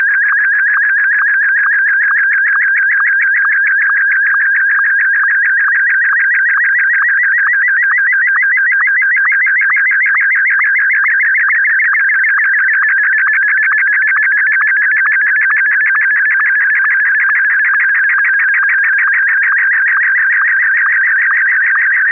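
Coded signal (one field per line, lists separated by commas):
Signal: SSTV (slow-scan television)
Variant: Martin 1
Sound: steady warbling, chirping tone with rapid rhythmic ticks, continuous for twenty seconds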